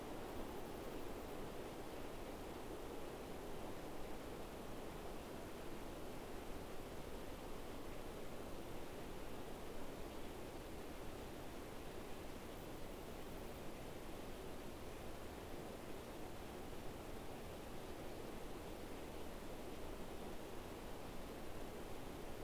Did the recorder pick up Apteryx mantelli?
no